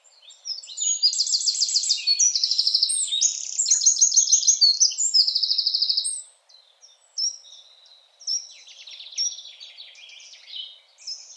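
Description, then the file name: Eurasian wren pours out a vigorous, very high song of quick repeated trills for about six seconds, then faint scattered chirps follow. "Troglodytes troglodytes"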